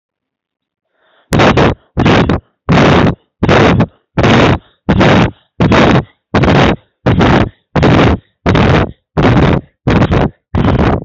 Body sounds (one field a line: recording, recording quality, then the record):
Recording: shallow breathing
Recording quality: excellent, no background noise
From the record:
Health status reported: healthy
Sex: male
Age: 30 years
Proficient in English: yes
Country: India